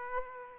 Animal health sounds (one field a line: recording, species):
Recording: mosquito wingbeat signal from an infrared sensor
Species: Aedes aegypti